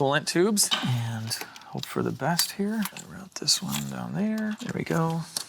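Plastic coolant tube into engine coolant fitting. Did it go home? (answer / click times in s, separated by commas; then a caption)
no / none. A brittle, delicate plastic coolant tube is routed down toward its coolant fitting on a GLS63 AMG engine while someone talks, with faint handling noises underneath. The tube has not seated or clicked into place yet.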